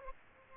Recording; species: mosquito wingbeat signal from an infrared sensor; Aedes aegypti